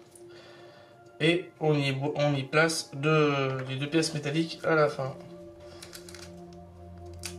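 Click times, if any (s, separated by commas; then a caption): none. One of two small metal pieces is handled by hand to fit it into a space-station model module, the observatory module. Someone talks over music, followed by quieter handling sounds with a few small taps near 5.8, 6.0, 7.3 and 7.4 seconds. The part has not seated or clicked into place yet.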